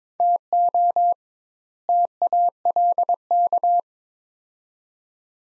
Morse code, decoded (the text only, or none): TO TALK